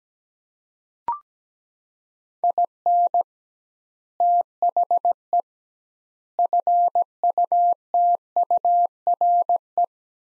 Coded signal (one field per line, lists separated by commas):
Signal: Morse code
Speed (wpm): 17 wpm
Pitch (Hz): 700 Hz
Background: none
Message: IN THE FUTURE